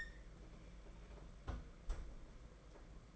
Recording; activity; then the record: daily activity, microphone in the room; close fridge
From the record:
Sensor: 5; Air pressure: 992.0 hPa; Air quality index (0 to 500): 200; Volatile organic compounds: 1000 ppm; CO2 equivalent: 5756 ppm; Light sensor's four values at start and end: 29/98/36/38 and 29/99/36/38